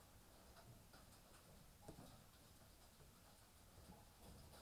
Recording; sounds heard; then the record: poultry house recording; healthy chickens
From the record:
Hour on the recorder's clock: 18